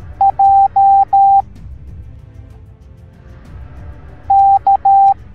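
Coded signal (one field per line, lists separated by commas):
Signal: Morse code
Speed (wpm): 13 wpm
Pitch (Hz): 790 Hz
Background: music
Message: J K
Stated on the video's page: Morse code alphabet lesson for kids.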